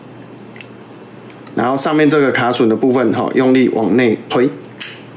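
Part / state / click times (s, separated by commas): network/telephone keystone module into wall faceplate / seated / 4.8 s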